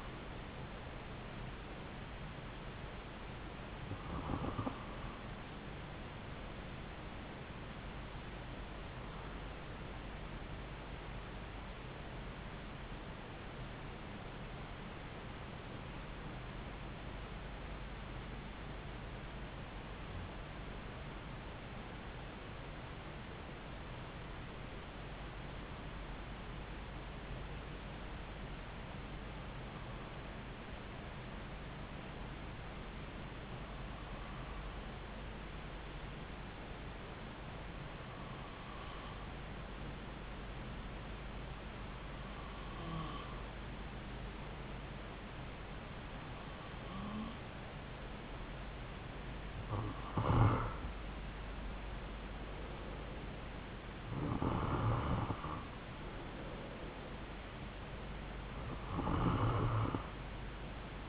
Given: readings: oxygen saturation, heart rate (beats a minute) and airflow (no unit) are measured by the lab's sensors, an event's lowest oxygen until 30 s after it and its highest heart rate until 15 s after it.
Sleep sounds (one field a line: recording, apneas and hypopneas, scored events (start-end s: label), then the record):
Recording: breathing in sleep by a voice recorder at the bedside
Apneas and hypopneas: 1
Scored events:
15.00-49.20 s: hypopnea (REM, oxygen 97% highest, then 92% lowest)
58.00-61.08 s: new sleep stage, N2 (light sleep)
From the record:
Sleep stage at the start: REM sleep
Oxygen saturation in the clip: 90 to 97%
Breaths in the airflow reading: 14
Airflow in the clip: -3.4 to 4.0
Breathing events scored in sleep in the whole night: 270 in 6.1 hours asleep